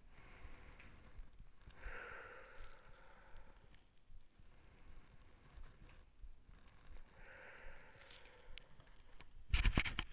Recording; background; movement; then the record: deep breathing; quiet; sitting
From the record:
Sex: male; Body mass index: 20.6 kg/m2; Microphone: on the chest, facing the body